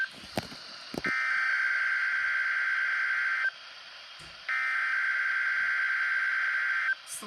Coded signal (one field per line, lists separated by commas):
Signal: Emergency Alert System (SAME) tones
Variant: header bursts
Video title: KIH35 RWT (EAS 29) (BACK TO SCHOOL ANNOUNCEMENT)